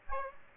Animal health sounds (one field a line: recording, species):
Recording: mosquito wingbeat signal from an infrared sensor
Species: Aedes aegypti